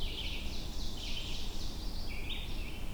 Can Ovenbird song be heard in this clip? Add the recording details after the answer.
yes. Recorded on 22 June 2016 at 08:40. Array SBT-6-76